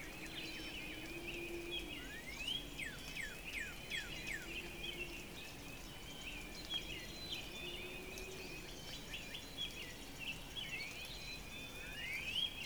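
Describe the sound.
Northern Cardinal song of repeated downslurred whistles in bursts, with rising slurs near the end, accompanied by a low droning hum and high bird chatter.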